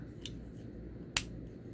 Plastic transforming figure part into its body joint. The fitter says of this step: Yeah, there you go. You gotta push it till it snaps, then you fold the chest down, and then you adjust the head.